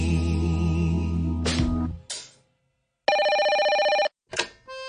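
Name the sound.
telephone ringing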